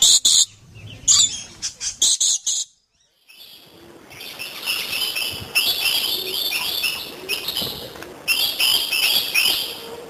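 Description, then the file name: Lorikeet screeches, a string of sharp loud harsh bursts, a pause, then a dense busy chatter of many high scratchy notes. "Лори -Лорикет -Попугай -Голоса-птиц"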